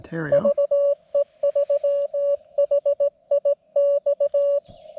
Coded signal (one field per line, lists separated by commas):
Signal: Morse code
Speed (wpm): 18 wpm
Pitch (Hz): 570 Hz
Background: speech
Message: VE3HIX